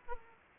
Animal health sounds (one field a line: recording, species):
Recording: mosquito wingbeat signal from an infrared sensor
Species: Aedes aegypti